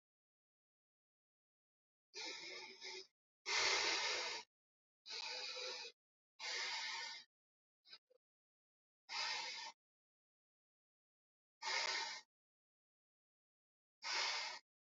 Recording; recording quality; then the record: shallow breathing; excellent, no background noise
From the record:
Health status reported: healthy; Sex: male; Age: 33 years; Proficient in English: yes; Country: India